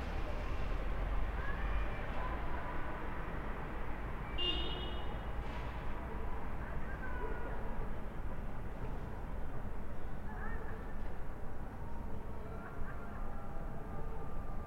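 Steady, dense applause and clamor from balconies and windows on a Lyon street, with scattered shouting voices and a brief shrill whistle near four seconds.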